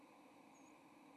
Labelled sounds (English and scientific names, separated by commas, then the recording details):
White-throated Sparrow (Zonotrichia albicollis) flight call
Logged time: 07:20 on 30 October 2014